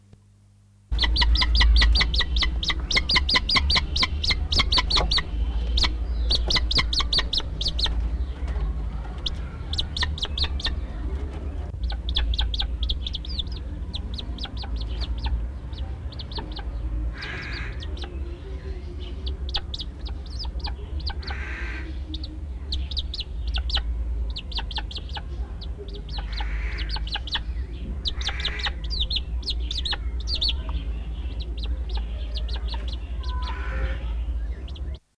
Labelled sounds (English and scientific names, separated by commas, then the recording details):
Red Kite (Milvus milvus) call
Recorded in captivity
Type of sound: call
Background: Corvus corone
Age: subadult
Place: Zoo Hannover, Niedersachsen, DE
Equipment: Halbspur, 9,5 cm/s
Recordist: Lütgens, Hans
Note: 25 Tage alt, erregt bei Annäherung